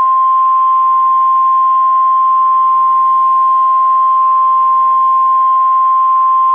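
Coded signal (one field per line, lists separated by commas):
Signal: Emergency Alert System (SAME) tones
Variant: 1050 Hz attention tone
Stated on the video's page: Fictional EAS scenario of a tornado striking a nuclear power plant.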